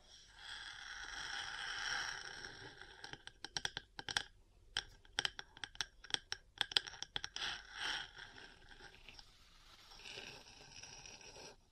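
Metal parts scrape in a steady rasp, then give way to a quick run of sharp taps and clicks before scraping resumes near the end.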